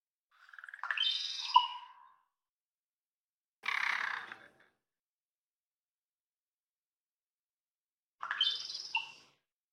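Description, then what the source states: Common raven giving three bursts of odd twittery, popping notes, separated by silent gaps of about one and a half and three and a half seconds. North America, August 2020; odd twittery pop vocalizations and beak snaps.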